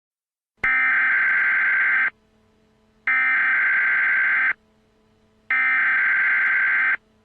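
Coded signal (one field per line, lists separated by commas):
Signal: Emergency Alert System (SAME) tones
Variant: header bursts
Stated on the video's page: Fictional analog horror EAS scenario.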